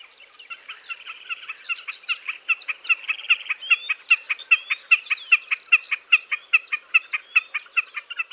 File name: BEKAS KSZYK